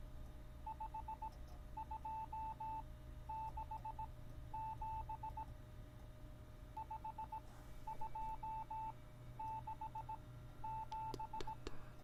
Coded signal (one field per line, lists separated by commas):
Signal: Morse code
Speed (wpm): 18 wpm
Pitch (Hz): 880 Hz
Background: none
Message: 5267 5267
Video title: Morse Code | Nightmare #8